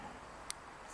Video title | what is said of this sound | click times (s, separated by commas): JA-ER Outdoors Kit - Multi-Tool | You can hear that click. | 0.5 s